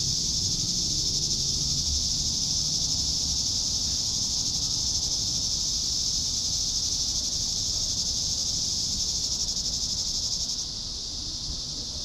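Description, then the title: Cicadas in a sustained high hissing buzz that drops slightly in loudness near the end, over a low background rumble. "neoscenes: cicadas"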